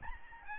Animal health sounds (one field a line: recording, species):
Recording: mosquito wingbeat signal from an infrared sensor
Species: Aedes albopictus